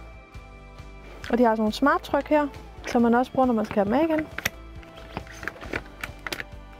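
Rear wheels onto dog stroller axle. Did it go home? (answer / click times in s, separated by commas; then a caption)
yes / 5.5 s, 6.3 s. Someone talks over background music while a rear wheel is pushed onto each side of an Innopet dog stroller's axle using push-button quick releases. A series of sharp clicks follows, with the wheels clicking into place at 5.5 s and 6.3 s, showing they are fitted correctly.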